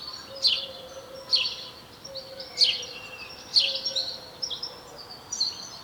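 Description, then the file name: House sparrow chirps, short bright notes repeated roughly once a second, with faint background bird calls and a low steady hum. "Passer domesticus"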